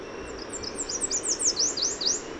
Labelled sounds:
Chestnut-capped Warbler (Basileuterus delattrii) song
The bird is a male
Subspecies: delattrii
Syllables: 13
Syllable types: 6
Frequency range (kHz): 3.7-9.1 kHz
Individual MA-WSO-M

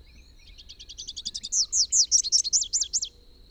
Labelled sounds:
Rufous-capped Warbler (Basileuterus rufifrons) song
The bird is a male
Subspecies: rufifrons
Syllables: 21
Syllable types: 5
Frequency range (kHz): 2.8-7.5 kHz
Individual YA-YRS-M

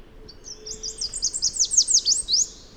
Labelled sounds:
Chestnut-capped Warbler (Basileuterus delattrii) song
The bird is a male
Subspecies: delattrii
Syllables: 14
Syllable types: 9
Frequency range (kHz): 3.1-8.7 kHz
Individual MA-GSR-M

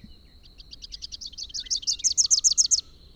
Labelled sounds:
Rufous-capped Warbler (Basileuterus rufifrons) song
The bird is a male
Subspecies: rufifrons
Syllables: 23
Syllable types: 4
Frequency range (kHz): 2.7-6.7 kHz
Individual YA-YRS-M

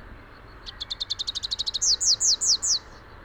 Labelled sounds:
Rufous-capped Warbler (Basileuterus rufifrons) song
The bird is a male
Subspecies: rufifrons
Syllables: 18
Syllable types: 3
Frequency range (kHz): 3.0-7.3 kHz
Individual YA-R15-M

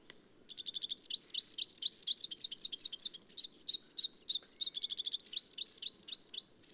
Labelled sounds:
Rufous-capped Warbler (Basileuterus rufifrons) song
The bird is a male
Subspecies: rufifrons
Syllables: 62
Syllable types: 8
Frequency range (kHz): 2.5-6.5 kHz
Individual CS-GYGS-M

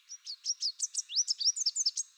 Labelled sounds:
Chestnut-capped Warbler (Basileuterus delattrii) song
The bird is a male
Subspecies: delattrii
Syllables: 14
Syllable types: 9
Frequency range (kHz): 2.9-8.7 kHz
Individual CR-WYS-M

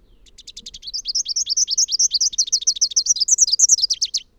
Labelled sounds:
Rufous-capped Warbler (Basileuterus rufifrons) song
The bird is a male
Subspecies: rufifrons
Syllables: 41
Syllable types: 9
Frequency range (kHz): 2.0-7.1 kHz
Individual MO-NNS-M

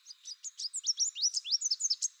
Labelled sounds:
Chestnut-capped Warbler (Basileuterus delattrii) song
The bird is a male
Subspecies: delattrii
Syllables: 15
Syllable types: 12
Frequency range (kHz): 2.8-8.3 kHz
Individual CR-WYS-M

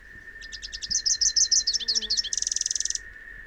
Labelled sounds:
Rufous-capped Warbler (Basileuterus rufifrons) song
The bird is a male
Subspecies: rufifrons
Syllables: 30
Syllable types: 5
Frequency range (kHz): 2.6-7.6 kHz
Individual YA-WBS-M

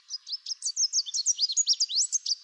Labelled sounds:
Chestnut-capped Warbler (Basileuterus delattrii) song
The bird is a male
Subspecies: delattrii
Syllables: 17
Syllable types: 16
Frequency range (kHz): 3.0-8.3 kHz
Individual CR-SBOG-M

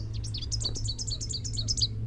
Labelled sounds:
Rufous-capped Warbler (Basileuterus rufifrons) song
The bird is a female
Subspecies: rufifrons
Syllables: 21
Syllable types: 6
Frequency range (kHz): 2.3-8.3 kHz
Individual MO-R10-F

